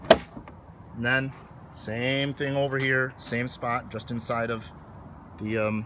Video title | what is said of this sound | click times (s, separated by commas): 98' Lotus Esprit Paint Condition Walk Around | pushing down until it clicks | 0.1 s